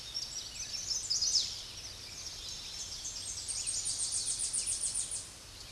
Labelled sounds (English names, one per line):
Tennessee Warbler song